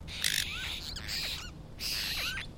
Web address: Sound Effects-Foundation. APOSTLE BIRD CALL